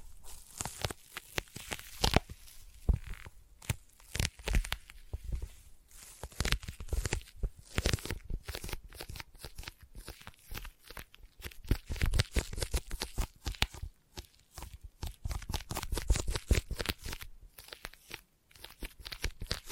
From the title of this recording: ASMR Intense Sticky Tapping and Sticky Triggers (No Talking)